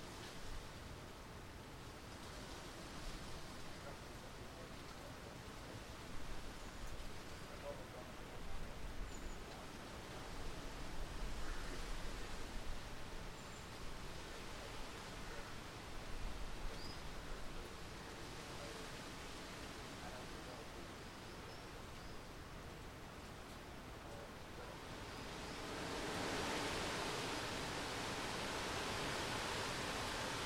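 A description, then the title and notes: Wind rushes steadily through the trees, a dense, even hiss that swells in gusts around ten to fifteen seconds and grows brighter and louder after twenty-five seconds. Faint, muffled voices and small household knocks sit underneath, barely rising above the wind. Wind in the Orchard. It's the evening and we’ve come out to sit on the bench in the Orchard. The wind is rustling through the trees and we can hear the muted sounds from the farmhouse nearby; people milling about in the kitchen, getting dinner ready, tidying up from the day.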